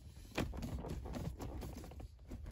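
A plastic radio surround trim is pushed down over the top of the radio into the dashboard centre console of a Jaguar XJR 308. A sharp click at 0.4 s marks it snapping into place, followed by softer taps and rubbing as it is pressed home. The trim is seated and sits in nicely.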